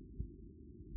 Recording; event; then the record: neck accelerometer signal played as sound; no cough (speech, laughter, throat clearing or background)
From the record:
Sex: male